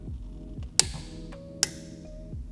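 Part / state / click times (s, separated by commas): click-type torque wrench on a car wheel lug bolt / torque reached / 0.8 s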